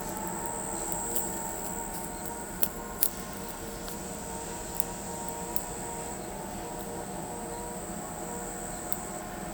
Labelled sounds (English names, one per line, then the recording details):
none
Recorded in pastures near Pivijay, Magdalena, Colombia, on 14 April 2023 at 01:30
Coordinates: 10.456, -74.369
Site P6-G026